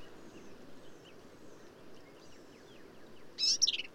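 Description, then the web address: Black-capped vireo song: one short burst of high, harsh notes and a quick chattered trill near the end, after a quiet stretch. "birdsongforthecurious Black-capped Vireo"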